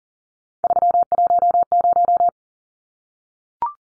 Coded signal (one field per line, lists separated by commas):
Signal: Morse code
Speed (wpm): 40 wpm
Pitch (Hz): 700 Hz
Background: none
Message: 310